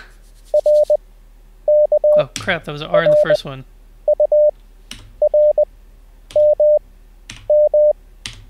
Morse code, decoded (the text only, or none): RKRURMM